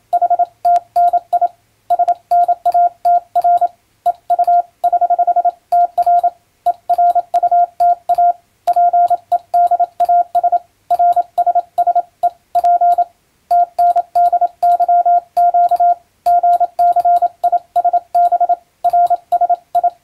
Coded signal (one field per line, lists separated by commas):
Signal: Morse code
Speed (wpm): 27 wpm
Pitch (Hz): 700 Hz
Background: radio noise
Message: HTNI SNATR EU <HH>TR ERUTA PEDAS RSSE P TNDYQ GCISB RSI